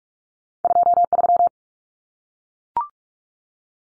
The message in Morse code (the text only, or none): 23